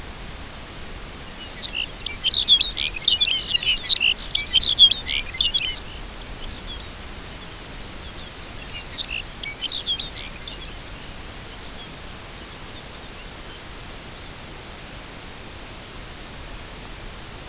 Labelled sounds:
Lapland Longspur
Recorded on Arctic tundra, site UTQI-0, on 13 June 2019
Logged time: 00:00

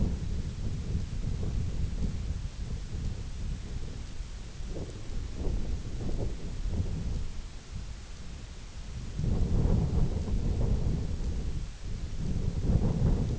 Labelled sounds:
none
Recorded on Arctic tundra, site IGLO-F, on 20 June 2018
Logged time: 16:00

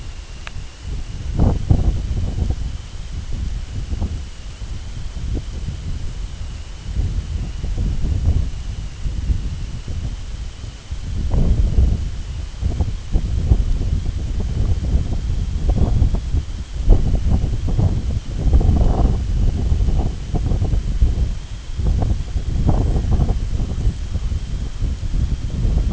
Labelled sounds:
White-rumped Sandpiper
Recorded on Arctic tundra, site IGLO-D, on 24 June 2018
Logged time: 10:00

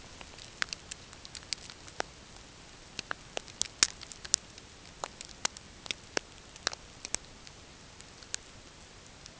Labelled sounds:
none
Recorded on Arctic tundra, site NAIT-1, on 20 June 2018
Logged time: 05:00

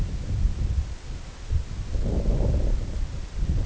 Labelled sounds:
none
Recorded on Arctic tundra, site IGLO-D, on 19 June 2018
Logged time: 18:00

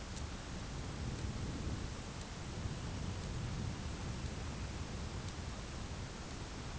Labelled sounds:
none
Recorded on Arctic tundra, site ZACK-1, on 11 June 2019
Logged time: 01:49

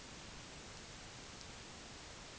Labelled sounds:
none
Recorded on Arctic tundra, site NAIT-1, on 30 June 2019
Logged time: 06:00

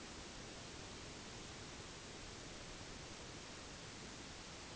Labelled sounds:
none
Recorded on Arctic tundra, site NAIT-1, on 1 July 2019
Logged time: 08:00

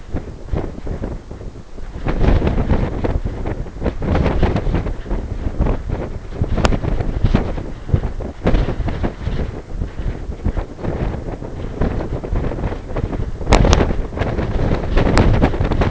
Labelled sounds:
none
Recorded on Arctic tundra, site NAIT-1, on 20 June 2018
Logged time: 23:00

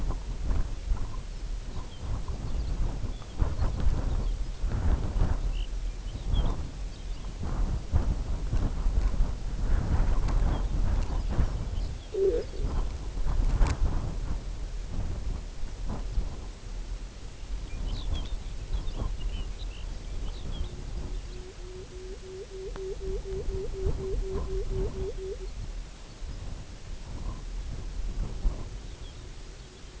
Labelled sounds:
unidentified sound
Lapland Longspur
Pectoral Sandpiper
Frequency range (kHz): Lapland Longspur 1.7-6.1 kHz
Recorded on Arctic tundra, site UTQI-0, on 16 June 2019
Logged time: 20:00

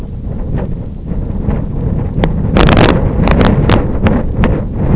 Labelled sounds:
none
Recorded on Arctic tundra, site IGLO-F, on 26 June 2018
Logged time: 08:00

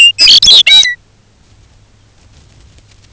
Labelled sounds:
Lapland Longspur
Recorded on Arctic tundra, site UTQI-5, on 19 June 2019
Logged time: 22:00

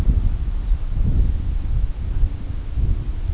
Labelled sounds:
Lapland Longspur
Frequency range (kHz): Lapland Longspur 3.6-5.2 kHz
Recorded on Arctic tundra, site CORI-1, on 20 June 2018
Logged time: 20:00

